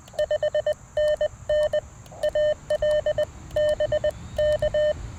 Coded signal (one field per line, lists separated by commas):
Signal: Morse code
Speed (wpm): 19 wpm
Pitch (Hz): 590 Hz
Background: none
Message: 5NN AL BK